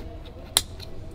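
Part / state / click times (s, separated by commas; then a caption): steering wheel wiring plug into its socket on the steering column / seated / 0.6 s. While a yoke steering wheel is fitted to a Tesla Model 3, the wheel's wiring plug is pushed into its socket on the steering column. It snaps home with one sharp, loud click at 0.6 s over a low background hum, and the plug is seated.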